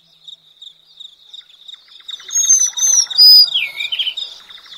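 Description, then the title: Madagascar magpie-robin delivering one rich phrase of high whistles ending in a lower slurred sweep, with a continuous thin whine and a fast ticking rattle behind. "suara burung kacer madagaskar"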